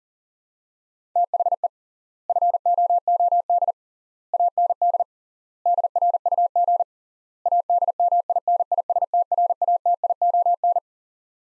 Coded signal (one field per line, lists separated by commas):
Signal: Morse code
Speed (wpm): 40 wpm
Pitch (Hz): 700 Hz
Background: none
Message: THE FOOD AND DRUG ADMINISTRATION